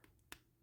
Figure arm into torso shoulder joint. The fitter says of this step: they snap right in the other one as well